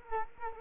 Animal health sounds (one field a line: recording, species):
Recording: mosquito wingbeat signal from an infrared sensor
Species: Culex quinquefasciatus